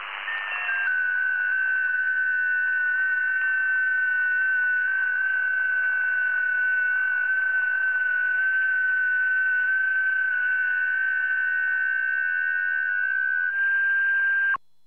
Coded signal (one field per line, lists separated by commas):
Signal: FT8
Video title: QSO with RK3DWA/1 on 40 meter band